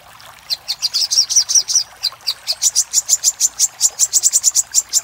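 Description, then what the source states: Little spiderhunter song: a high chattering series of sharp notes that climbs slightly in pitch. Master recording for training cage birds, titled Labaik.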